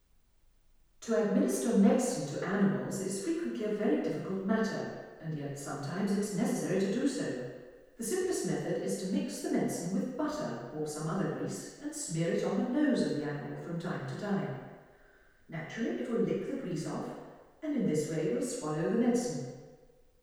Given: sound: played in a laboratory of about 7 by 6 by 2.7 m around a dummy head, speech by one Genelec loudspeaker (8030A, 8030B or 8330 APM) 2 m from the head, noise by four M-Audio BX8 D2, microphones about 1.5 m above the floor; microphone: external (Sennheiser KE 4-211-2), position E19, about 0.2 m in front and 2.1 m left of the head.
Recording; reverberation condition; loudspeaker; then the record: female speech in English; high; 90 degrees to the right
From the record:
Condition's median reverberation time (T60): about 1300 ms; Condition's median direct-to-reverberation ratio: about -4.0 dB